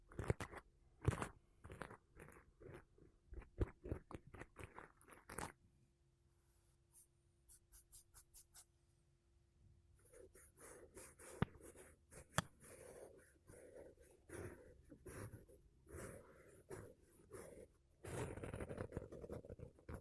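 Makeup brushes and a sponge rub against a microphone in bursts of scratchy, bright swishes, dense for the first five seconds. A quieter stretch follows with light, evenly spaced taps and a faint steady hum, then busier brushing returns, ending in a thick rustling sweep.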